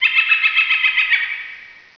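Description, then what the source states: Bird giving a rapid run of bright chirps that fades away toward the end. Ambient bird sounds.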